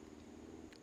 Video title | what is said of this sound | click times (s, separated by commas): THE ULTIMATE SURVIVAL WATCH | slides right in here and then it locks in place | 0.7 s